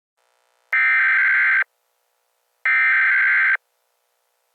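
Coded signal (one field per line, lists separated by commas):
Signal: Emergency Alert System (SAME) tones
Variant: header bursts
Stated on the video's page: Fictional EAS scenario; simulated alert.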